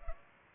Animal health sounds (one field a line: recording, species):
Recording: mosquito wingbeat signal from an infrared sensor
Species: Aedes aegypti